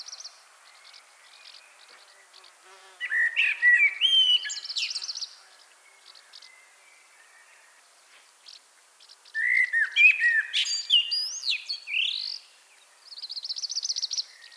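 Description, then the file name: Common blackbird song: two rich fluty warbled phrases, each ending in high squeaky twittering, separated by pauses, with a thin high trill at the end. "Turdus merula"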